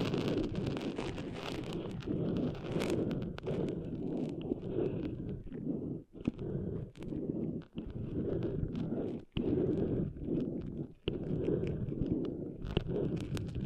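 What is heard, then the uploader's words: Sand being cleaned out of ears makes a dense, gritty rubbing and scratching that runs almost without pause, heavy in the low and middle range. Sharp little clicks and crackles pop throughout, and the rubbing stops briefly a few times, around 6, 7.5, 9 and 11 seconds. ASMR Cleaning Sand Out of Your Ears (No Talking).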